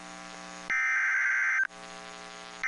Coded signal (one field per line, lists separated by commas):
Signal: Emergency Alert System (SAME) tones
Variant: header bursts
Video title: #eas 20 flash flood warning